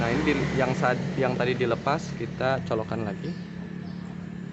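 A solar panel cable connector is being handled for reconnection to its mating connector on the charge controller wiring after maintenance. Someone talks over a steady low hum, with no sharp transients. Nothing has seated or clicked yet.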